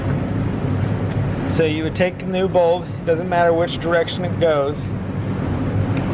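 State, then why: Seated. Someone talks while a new amber front turn signal bulb for a 2013–2019 Nissan Sentra is pushed into its bulb socket, with a steady low hum in the background. A brief sharp click at 5.97 s marks the bulb snapping into the socket, seated.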